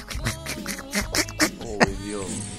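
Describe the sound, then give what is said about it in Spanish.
A person imitates Donald Duck's voice for Donald Duck day: a raspy, nasal run of garbled quacking syllables with sharp bursts, then a drawn-out warbling quack at the end. “¿Cómo habla el pato Donald?”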